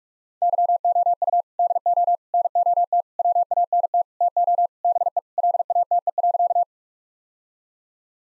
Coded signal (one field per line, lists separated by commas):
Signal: Morse code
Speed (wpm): 41 wpm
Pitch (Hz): 700 Hz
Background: none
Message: YOU DO NOT WANT TO BE LATE.